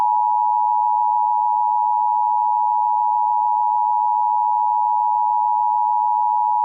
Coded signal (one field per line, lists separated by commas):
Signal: Emergency Alert System (SAME) tones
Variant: 853 and 960 Hz attention tone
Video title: EAS #54: EAS Required Monthly Test- Oct. 16, 2014- 10:18AM PDT